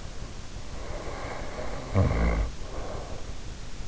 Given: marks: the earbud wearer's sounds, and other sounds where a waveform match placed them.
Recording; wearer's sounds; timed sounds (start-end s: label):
sounds in sleep by an in-ear microphone; snoring breath
0.40-3.29 s: snoring breath